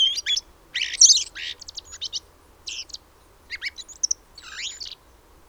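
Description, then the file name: Common blackbird uttering scratchy, high chattering notes in uneven clusters, with a couple of thin rising whistles among them and quiet gaps between. "Turdus merula"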